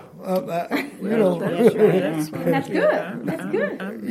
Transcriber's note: laughter